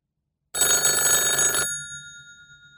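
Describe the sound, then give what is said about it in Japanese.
A loud telephone bell rings in one continuous metallic burst for about a second, then cuts off, leaving its high ringing tones to fade out slowly. “いえいえ、先生。どうぞ、電話です。”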